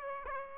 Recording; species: mosquito wingbeat signal from an infrared sensor; Aedes aegypti